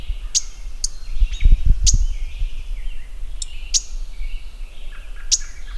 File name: Mourning Warbler - Geothlypis philadelphia